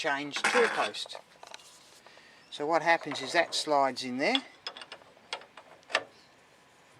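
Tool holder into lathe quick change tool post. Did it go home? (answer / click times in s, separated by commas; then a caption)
yes / 5.9 s. Someone talks while a lathe tool holder is slid onto a quick change tool post and locked in place. A series of light metallic knocks and clicks follows from about 4.7 s, and the loudest, sharpest click comes at 6.0 s as the holder locks onto the post.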